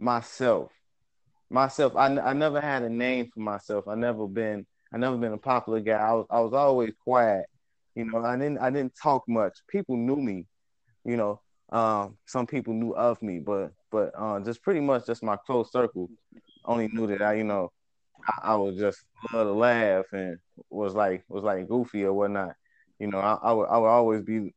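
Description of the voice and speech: Adult male speech with frequent word and phrase repetitions and a stretched sound, from a speech impediment that slips up when words spill out quickly.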